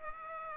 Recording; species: mosquito wingbeat signal from an infrared sensor; Aedes aegypti